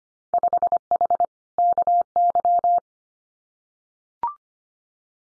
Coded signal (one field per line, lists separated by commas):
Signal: Morse code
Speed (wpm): 25 wpm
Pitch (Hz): 700 Hz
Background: none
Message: 5H KY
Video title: Winter Field Day Exchange Encore 25wpm